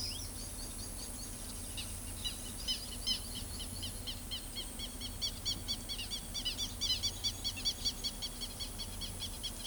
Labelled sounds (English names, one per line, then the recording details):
Carib Grackle
Southern Lapwing
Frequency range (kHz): Carib Grackle 2.8-7.1 kHz; Southern Lapwing 1.5-7.1 kHz
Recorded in pastures near Pivijay, Magdalena, Colombia, on 2 June 2023 at 17:00
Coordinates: 10.456, -74.369
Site P6-G026